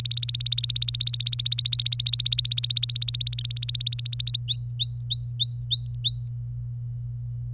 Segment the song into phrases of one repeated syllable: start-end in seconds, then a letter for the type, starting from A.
0.00-4.38 A, 4.48-6.28 B